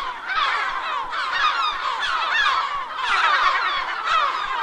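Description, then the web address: Gulls calling in a loud, dense flock chorus of harsh, overlapping cries. "aves-marinhas gaivota geral Cantos Gaivota"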